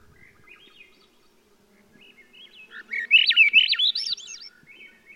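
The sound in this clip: Swainson's Thrush song beginning with soft, quiet notes, then a louder burst of rising, swirling flute-like phrases that trails off.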